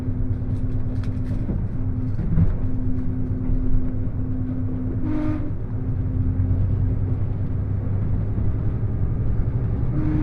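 Limited express Hida on the Takayama Line rumbles steadily, with a sustained droning tone, scattered clicks early, and a brief hiss near five seconds.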